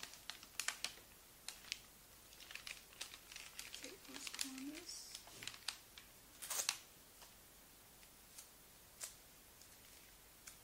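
Gift wrapping paper crinkles and snaps in quick, irregular bursts, busiest in the first seven seconds with sharp bright crackles clustered together. Around four seconds a brief low voice-like murmur appears, and after seven seconds the crinkling thins to a few isolated snaps over a quiet hiss.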